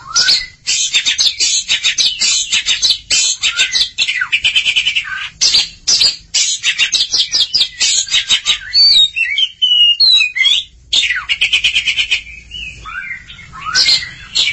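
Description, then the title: Oriental magpie-robin song, a dense run of harsh, scratchy high notes mixed with brief whistled trills, nearly continuous with short pauses. Long-duration recording. "Kacer Durasi Panjang"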